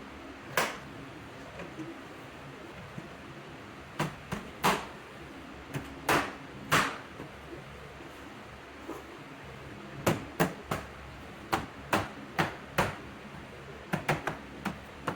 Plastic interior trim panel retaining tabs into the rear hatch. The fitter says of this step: all right so those are all locked into place um and all those tabs